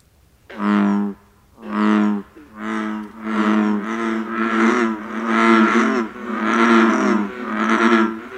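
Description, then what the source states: American bullfrog chorus: deep, resonant droning calls, first a few separate ones, then running together into a continuous sound. Males calling contagiously: they call for a short period, go silent, then one begins again and the whole group soon joins in.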